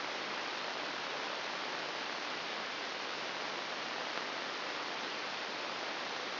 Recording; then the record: brain microelectrode recording played as sound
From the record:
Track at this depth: inside the subthalamic nucleus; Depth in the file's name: 2.006 mm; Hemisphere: right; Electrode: 3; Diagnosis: Parkinson's disease